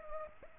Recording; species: mosquito wingbeat signal from an infrared sensor; Culex pipiens